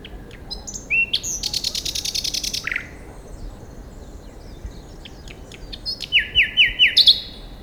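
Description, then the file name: Common nightingale song: a rapid buzzy trill of repeated notes, a falling whistle, then a loud series of five sharp notes near the end. "Luscinia megarhynchos"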